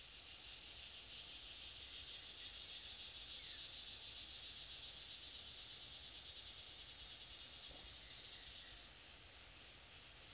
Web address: Sony Pictures Sound Effects Series Volumes 1-10 Volume 8 Backgrounds Forest Cicadas